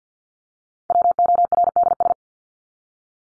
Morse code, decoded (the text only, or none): WORDS